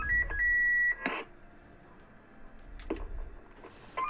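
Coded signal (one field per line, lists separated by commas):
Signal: roger beep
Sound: quick stepped beeps, a held high tone, then a squelch crash and static bursts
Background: radio static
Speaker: now on this bleep every time you key up it changes that to a different bleep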